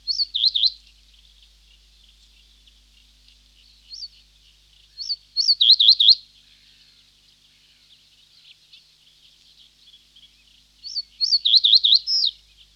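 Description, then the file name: Reed bunting song: three short phrases of high, wavering, slurred notes about every five to six seconds, quiet between. "Reed Bunting (Emberiza schoeniclus)"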